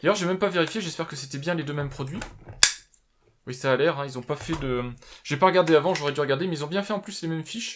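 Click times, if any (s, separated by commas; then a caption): 2.6 s. A second interchangeable plastic mains-plug adapter is fitted onto the proprietary USB charger of an Arlo Ultra 2 camera (VMC5040) by hooking its notch into the small hooks and pressing. It snaps sharply into place at 2.6 s, confirming the adapter is clipped on. Someone talks before and after the snap.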